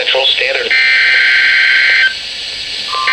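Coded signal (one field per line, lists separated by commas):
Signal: Emergency Alert System (SAME) tones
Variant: header bursts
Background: speech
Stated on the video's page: Snow Squall Warning from a NOAA weather radio transmitter.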